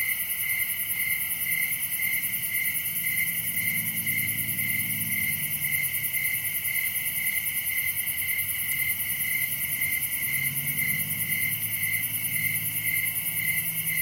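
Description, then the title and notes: Crickets keep up a high, rhythmic pulsing chorus about two beats a second while a low humming drone swells, fades, then swells again. Crickets recorded at night in summer in a wooded area at Dell Creek State Wildlife Area. "Summer night in Dell Creek state wildlife area. This sound was recorded at night in a wooded area during the summer. Crickets are the main act here. Recorded by Daniel Braun. Part of the Music for Sleep project"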